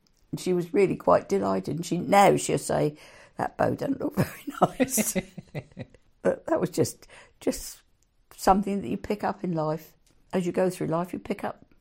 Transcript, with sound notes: and she was really quite delighted and now she’ll say, “That bow doesn’t look very nice.” (laughs) But that was just something that you pick up in life. As you go through life you pick up